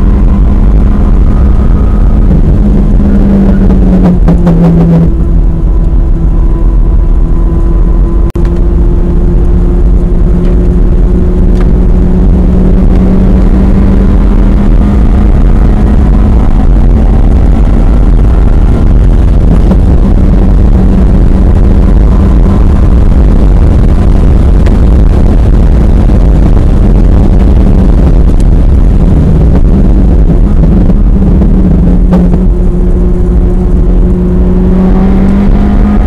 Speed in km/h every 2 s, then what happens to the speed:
142, 116, 118, 119, 122, 129, 138, 148, 158, 161, 166, 172, 174, 161, 132, 97, 100, 119.
0-2 brakes to 116. 4-24 speeds up to 174. 24-30 brakes to 97. 30-36 speeds up to 119.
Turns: 2-12.